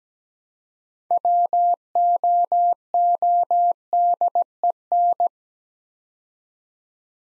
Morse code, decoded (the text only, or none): WOODEN